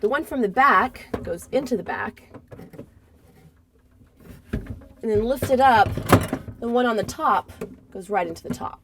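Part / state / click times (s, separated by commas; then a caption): wire harness connector into refrigerator ice dispenser housing assembly / not seated / none. Someone talks while handling the plastic top wire harness connector, which is being plugged into its socket on the refrigerator ice dispenser housing assembly (ice maker housing), with a few faint handling knocks around 2.5 s and 4.5 s. The clip ends just before the part goes home: nothing has seated or clicked yet.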